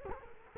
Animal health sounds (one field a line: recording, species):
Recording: mosquito wingbeat signal from an infrared sensor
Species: Culex quinquefasciatus